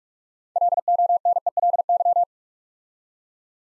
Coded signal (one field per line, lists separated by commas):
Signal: Morse code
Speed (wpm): 44 wpm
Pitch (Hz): 700 Hz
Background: none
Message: LONELY